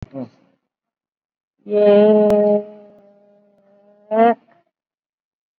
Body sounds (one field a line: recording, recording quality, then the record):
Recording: sustained vowel as in made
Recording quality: moderate, slight background noise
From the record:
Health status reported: COVID-19 positive, mild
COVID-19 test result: positive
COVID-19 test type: RT-PCR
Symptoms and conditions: hypertension, diabetes, another condition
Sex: female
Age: 75 years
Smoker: no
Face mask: worn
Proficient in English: no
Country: India